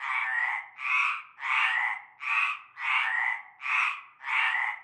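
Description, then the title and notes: Frogs call in a dense chorus, a series of broad grating croaks with short gaps between them. Frog chorus at nightfall in a large concrete basin holding stagnant greenish water, Avenue Cante Coucou, Groupède, La Ciotat, Bouches-du-Rhône, France. "Avenue Cante Coucou, Groupède, La Ciotat, Marseille, Bouches-du-Rhône, Provence-Alpes-Côte d'Azur, France métropolitaine, 13600, France - cœur de grenouilles. Une grande vasque en béton, un fond d'eau verdâtre croupissant. et un cœur de grenouilles dès la nuit tombée"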